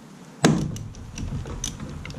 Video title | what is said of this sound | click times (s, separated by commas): Part #2: School Bus Cruise Control Install | so once you hear the pop you know you've released a steering wheel | 0.5 s